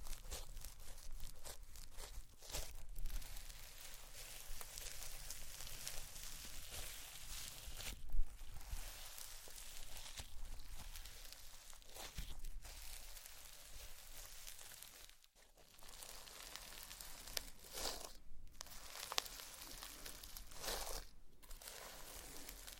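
Slime being squished and stretched makes dense crackling, crinkly and wet popping sounds that run almost without pause. Short gaps break the texture now and then, with a clear pause near 15 seconds. A faint low hum sits underneath throughout.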